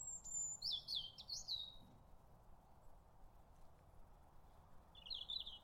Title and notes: Sound Escape 84: a mellow moment beside a sleepy Somerset canal. It's a lazy September afternoon on a Somerset canal. You've found an enchanted place to rest beside a bridge – where a robin's wistful song sweetens the stillness